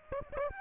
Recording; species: mosquito wingbeat signal from an infrared sensor; Aedes aegypti